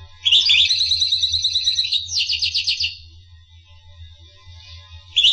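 Finch song, a sustained rapid high trill followed by a pulsing rattle, then near silence before a final chirp, with a low hum beneath.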